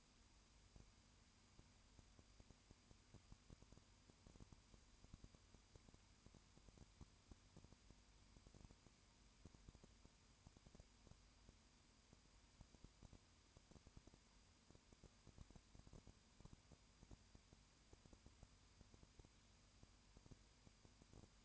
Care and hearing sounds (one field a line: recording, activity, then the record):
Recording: daily activity, microphone in the room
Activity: no activity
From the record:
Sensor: 2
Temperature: 20.8 degrees Celsius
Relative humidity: 38.3%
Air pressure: 1010.4 hPa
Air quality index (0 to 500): 200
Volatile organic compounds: 19 ppm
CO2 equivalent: 2651 ppm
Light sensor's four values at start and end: 2/3/2/2 and 2/3/2/2